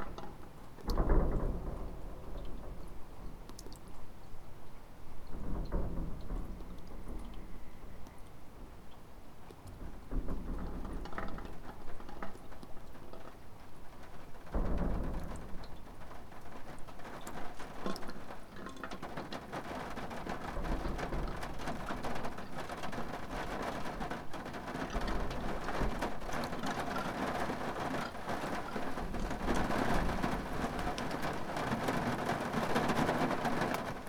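Water drips and splashes from gutters after a storm, with heavy, irregular drops landing in a dense patter. Deeper thuds come near 1, 6, 10 and 15 seconds. After about 20 seconds the splashing grows busier and brighter, holding steady to the end.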